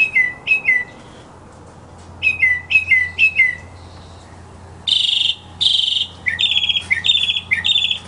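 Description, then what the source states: Mockingbird song: brief downslurred whistles repeated in quick runs, then two harsher buzzy bursts and a chattering series of high notes. Masteran (tutor) sound for songbirds, uploaded November 2014.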